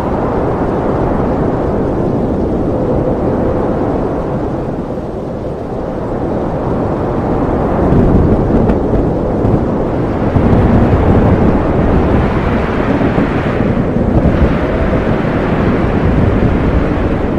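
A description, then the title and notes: A storm with strong winds and heavy rain fills the whole clip with a dense, continuous low roar. Around eight seconds the sound swells louder and stays heavier, with rumbling gusts surging around ten and fourteen seconds, like rolling thunder mixed into the wind. Relaxing Sound of Storm with Strong Winds, Heavy Rain and Strong Thunder.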